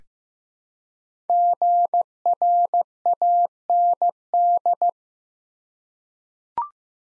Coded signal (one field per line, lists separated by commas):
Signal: Morse code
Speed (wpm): 15 wpm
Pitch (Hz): 700 Hz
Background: none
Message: GRAND